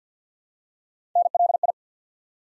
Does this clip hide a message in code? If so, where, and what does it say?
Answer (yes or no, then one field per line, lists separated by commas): yes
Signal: Morse code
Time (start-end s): 1.2-1.7 s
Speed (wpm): 48 wpm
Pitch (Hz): 700 Hz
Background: none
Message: NLI